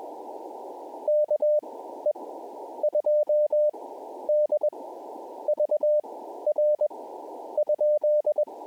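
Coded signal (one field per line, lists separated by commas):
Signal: Morse code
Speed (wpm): 21 wpm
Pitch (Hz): 600 Hz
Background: none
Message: KE2DVR ?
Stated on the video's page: QRP CW park activation at a Georgia wildlife management area.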